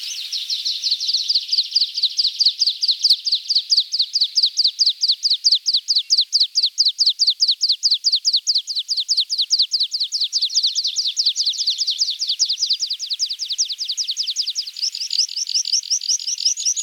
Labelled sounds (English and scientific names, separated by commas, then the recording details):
Water Pipit (Anthus spinoletta) song
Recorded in the wild
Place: NSG Feldberg / Südschwarzwald, Baden-Württemberg, DE
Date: 1984-06-21
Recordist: Schwarz, Dieter
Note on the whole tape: Song